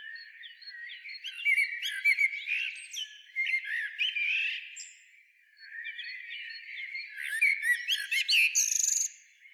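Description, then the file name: Common blackbird giving warbling song in two phrases, mellow fluted notes running on, the second finished by a squeaky high trill and twittering flourish. "Turdus merula"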